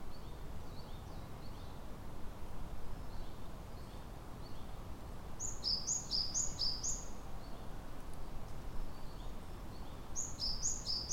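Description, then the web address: Japanese tit: a series of sharp, high paired notes repeated quickly, delivered in two bursts, with faint softer calls earlier and a constant low hum of ambient noise. Recorded at Kotori no Mori on 30 April 2018. "kotorinomori kotori sijukara"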